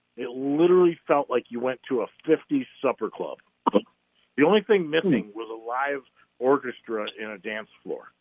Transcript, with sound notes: It literally felt like you went to a '50s supper club. (coughs) The only thing missing was a live orchestra and a dance floor.